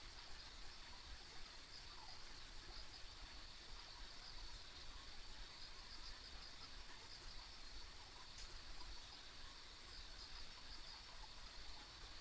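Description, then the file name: Insects give brief high chirps over a steady whining chorus, with low rumble and a single sharp click. Ambient insect sounds recorded along a rural country road. "田舎道の虫の環境音"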